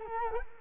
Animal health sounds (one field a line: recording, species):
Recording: mosquito wingbeat signal from an infrared sensor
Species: Culex quinquefasciatus